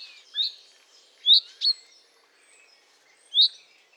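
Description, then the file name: Common chaffinch giving four brief, bright call notes at irregular intervals, one quick pair near the middle, with thin fainter bird sounds behind. "Fringilla coelebs"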